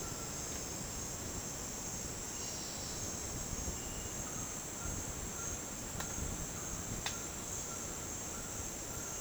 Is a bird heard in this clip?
yes